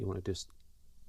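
Someone talks briefly while a replacement for the broken trigger return spring is worked toward its seat on the trigger bar inside the frame of an Umarex Beretta M92A1 air pistol, followed by faint handling noise. Nothing has seated or clicked yet.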